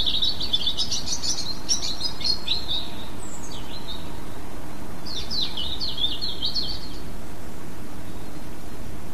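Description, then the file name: European robin song: a run of high, rapid, tinkling warbled notes, a pause, then a second jumbled high phrase, over a steady low rumble. "rouge gorge"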